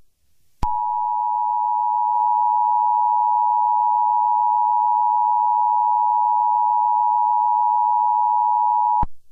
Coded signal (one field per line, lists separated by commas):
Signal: Emergency Alert System (SAME) tones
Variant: 853 and 960 Hz attention tone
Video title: Emergency Alert System VS Alert Ready